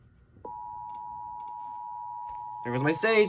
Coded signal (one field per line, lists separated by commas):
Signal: Emergency Alert System (SAME) tones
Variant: 853 and 960 Hz attention tone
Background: speech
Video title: EAS 1315-1316: The First Pennsylvania Required Monthly Tests of 2021